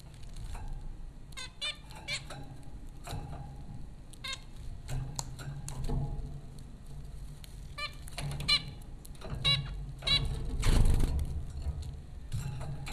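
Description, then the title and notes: Zebra finches giving short nasal honking calls, many stacked harmonic beeps scattered irregularly over a steady low hum. Zebra finches recorded by Dan Bodah at Popcorn School, Flatbush, Brooklyn, New York, in April 2009. "Dronecast: The Popcorn Finches Four from Apr 15, 2009. Zebra finches recorded by Dan Bodah at Popcorn School, Flatbush, Brooklyn NY in April 2009"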